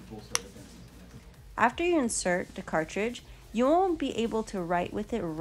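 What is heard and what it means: A plastic ink cartridge is pushed into the body of a felt-tip pen and snaps home with a sharp, loud click at 0.4 s over quiet background music. Someone then talks, and the cartridge is seated.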